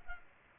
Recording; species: mosquito wingbeat signal from an infrared sensor; Culex pipiens